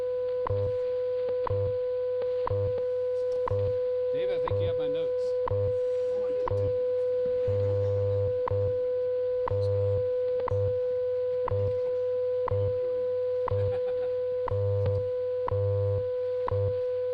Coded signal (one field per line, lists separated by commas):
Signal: radio time signal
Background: speech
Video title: WWV / Fort Collins Museum of Discovery Special Presentation